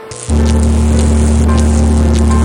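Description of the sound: A simulated tinnitus sound: a loud, steady low-frequency hum with a faint hiss above it. It is one of several tinnitus sounds. In the ears of patients with severe tinnitus, this sound persists.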